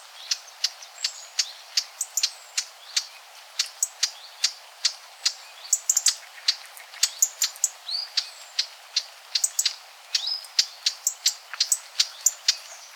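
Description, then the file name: Eurasian blackcap uttering hard tacking clicks in an uneven series, some closely doubled. "Sylvia atricapilla"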